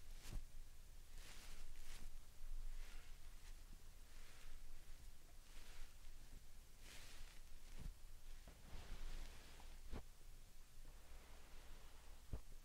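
Slime and sand triggers: soft, airy crackling and squishing textures rise and fall in hissy bursts every second or so. Sharp little clicks pop out near 0.3, 2, 7.8, 10 and 12.3 seconds over a steady low hum throughout.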